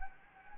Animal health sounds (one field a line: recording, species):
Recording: mosquito wingbeat signal from an infrared sensor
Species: Anopheles gambiae